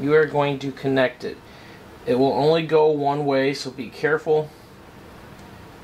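A cable connector is handled at its socket on a UV printer; the connector is keyed to fit only one way. Someone talks through most of the clip over a quiet background, and nothing has seated or clicked yet.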